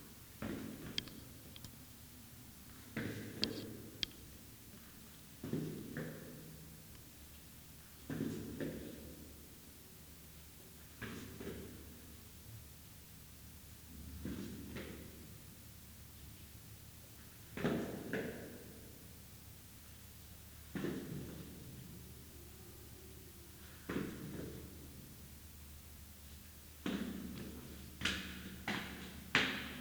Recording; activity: daily activity, guitar pickup as the sensor; go downstairs